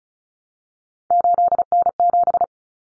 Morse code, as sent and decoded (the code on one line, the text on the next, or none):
---.. -. --...
8N7